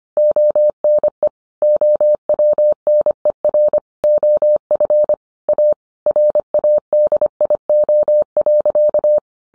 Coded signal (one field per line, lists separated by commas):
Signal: Morse code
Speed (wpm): 25 wpm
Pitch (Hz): 600 Hz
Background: none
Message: ONE OWNER OF A RADIO.